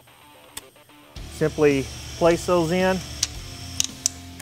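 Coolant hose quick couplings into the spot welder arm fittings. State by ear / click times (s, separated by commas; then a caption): seated / 3.2 s, 3.8 s, 4.1 s. Coolant hoses are placed onto the C1 arm fittings of a Chief MI200T spot welder and pushed until the quick couplings click in. Someone talks, then sharp, loud clicks sound at 3.2, 3.8 and 4.1 seconds as the couplings seat.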